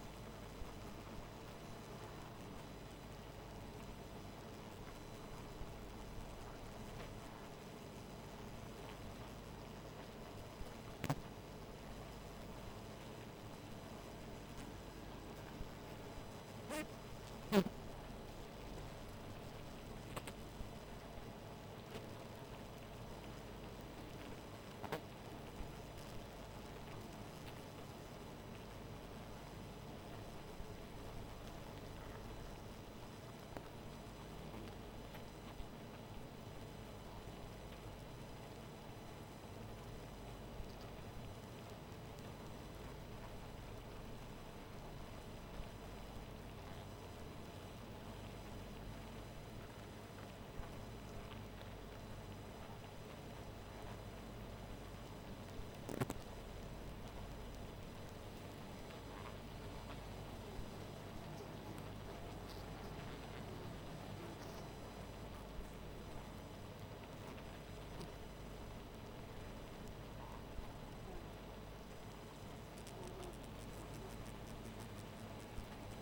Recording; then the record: honeybee colony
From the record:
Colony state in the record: missing queen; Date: 14 July 2017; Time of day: 0:15